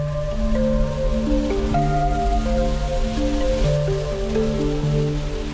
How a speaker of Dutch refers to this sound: Ik had expres mijn paraplu niet meegenomen uit Nederland en nu regent het ineens en hard. Dus we wachten nog even in de auto.